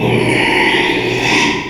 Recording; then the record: squeal of a Yucatan mini pig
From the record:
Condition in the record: after surgery on the right vocal fold (resection and tissue-engineered implant); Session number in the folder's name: 1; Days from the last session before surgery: 6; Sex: male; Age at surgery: 12 weeks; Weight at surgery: 13 kg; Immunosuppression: cyclosporine, prednisolone